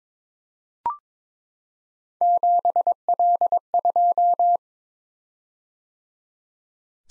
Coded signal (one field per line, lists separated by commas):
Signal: Morse code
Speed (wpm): 23 wpm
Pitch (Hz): 700 Hz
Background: none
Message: 7L2